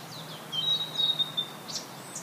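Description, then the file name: Blue-and-white flycatcher song, a thin sustained high whistle with soft slurred notes around it and a brief higher note near the end, over steady background hiss. "oruri"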